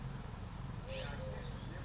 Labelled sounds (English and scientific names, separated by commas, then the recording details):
Eurasian Collared Dove (Streptopelia decaocto)
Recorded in Sonoma County, California